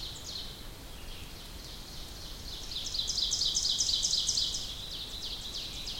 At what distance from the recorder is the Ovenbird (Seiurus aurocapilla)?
about 40 m